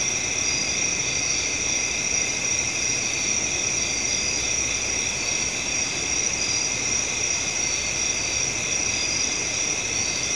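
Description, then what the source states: Cricket: continuous chorus of many crickets, layered high trilling tones that hold steady without pause, with broad rushing noise beneath. Crickets recorded at night.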